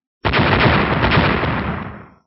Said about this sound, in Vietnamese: Liên tiếp những tiếng nổ ầm ầm truyền ra, trên tinh không vang lên những tiếng nổ cực lớn.